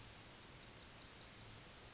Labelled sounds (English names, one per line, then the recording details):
Yellowhammer song
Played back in forest
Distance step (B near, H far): F
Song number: 057